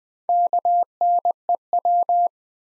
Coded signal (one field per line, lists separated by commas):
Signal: Morse code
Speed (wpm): 20 wpm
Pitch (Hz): 700 Hz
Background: none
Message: KNEW